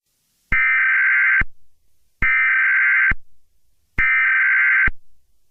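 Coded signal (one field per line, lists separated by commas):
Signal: Emergency Alert System (SAME) tones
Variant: header bursts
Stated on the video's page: Self-made mock Emergency Alert System scenario; the alert is simulated, not a real broadcast.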